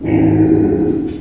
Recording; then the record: squeal of a Yucatan mini pig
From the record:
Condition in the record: before surgery on the right vocal fold (resection and tissue-engineered implant); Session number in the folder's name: 1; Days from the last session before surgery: -21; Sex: female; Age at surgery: 19 weeks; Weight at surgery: 25 kg